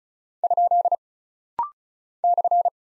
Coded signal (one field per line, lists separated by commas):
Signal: Morse code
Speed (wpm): 36 wpm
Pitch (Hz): 700 Hz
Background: none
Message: ? /